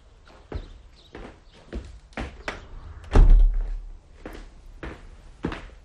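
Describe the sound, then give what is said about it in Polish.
Scattered knocks and handling sounds build to a heavy, low thud as a terrace door swings shut, followed by a few lighter clicks and taps. No one speaks. “Mogę zamknąć drzwi od tarasu?”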